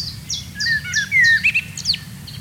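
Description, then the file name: Common blackbird song: low fluty warbled phrases mixed with thin, high squeaky notes, over a soft steady low rumble. "Turdus merula"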